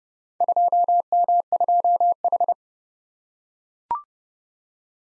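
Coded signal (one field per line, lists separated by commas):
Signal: Morse code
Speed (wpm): 28 wpm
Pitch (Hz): 700 Hz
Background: none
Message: 2M2H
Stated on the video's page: Head-copy drill of random four-character letter-number groups at 30 wpm; each group sent in Morse, then spoken, then sent again in Morse.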